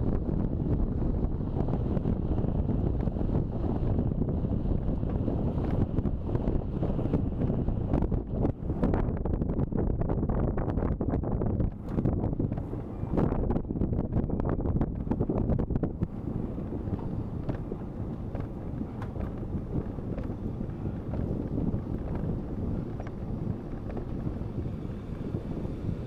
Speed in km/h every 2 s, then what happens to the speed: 31, 27, 26, 26, 24, 22, 21, 21, 20, 21, 22, 22, 24.
0-15 slows to 20. 15-26 steady at about 22.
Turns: none.